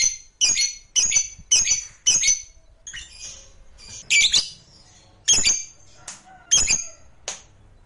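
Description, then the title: Lovebird squawks, loud harsh high bursts in uneven groups with brief pauses between them. Lovebird sound used to stimulate other lovebirds. "Suara Lovebird"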